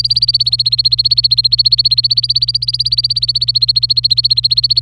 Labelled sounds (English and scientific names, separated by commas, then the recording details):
Domestic Canary (Serinus canaria) song
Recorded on 26 April 2018 at 09:14
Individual llb3